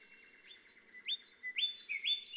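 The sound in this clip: Golden whistler song: a series of clear whistled notes, each sliding up, growing louder toward the end.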